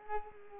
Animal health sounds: mosquito wingbeat signal from an infrared sensor; Culex pipiens

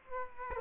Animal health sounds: mosquito wingbeat signal from an infrared sensor; Culex quinquefasciatus

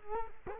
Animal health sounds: mosquito wingbeat signal from an infrared sensor; Culex quinquefasciatus

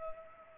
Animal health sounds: mosquito wingbeat signal from an infrared sensor; Culex pipiens

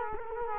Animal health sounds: mosquito wingbeat signal from an infrared sensor; Culex quinquefasciatus

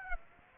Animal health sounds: mosquito wingbeat signal from an infrared sensor; Aedes aegypti

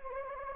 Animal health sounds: mosquito wingbeat signal from an infrared sensor; Anopheles gambiae

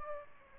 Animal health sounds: mosquito wingbeat signal from an infrared sensor; Aedes albopictus

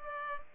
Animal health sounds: mosquito wingbeat signal from an infrared sensor; Culex pipiens

